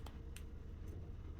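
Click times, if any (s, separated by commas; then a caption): 0.1 s, 0.4 s. Loose wooden kendama cups are pressed back down onto the wooden spike, with both hands pushing the ball and cups together using body weight until the fit tightens. Two sharp clicks are heard at 0.1 s and 0.4 s over a steady low hum. The cup is seated and locked in, good to go again.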